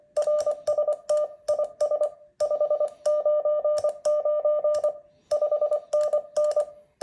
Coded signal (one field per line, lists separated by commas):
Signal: Morse code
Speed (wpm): 24 wpm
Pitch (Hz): 600 Hz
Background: none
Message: RST IS 599 5NN